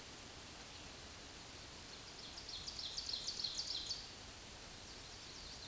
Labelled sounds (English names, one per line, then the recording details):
Ovenbird song
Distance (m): 65 m
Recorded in a Pennsylvania forest on 17 May 2023 at 14:06
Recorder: AudioMoth, point grid1_7_low
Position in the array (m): 210 m, 27 m